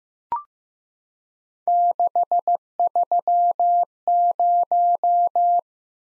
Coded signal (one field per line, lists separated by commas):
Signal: Morse code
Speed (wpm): 15 wpm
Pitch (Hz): 700 Hz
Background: none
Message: 630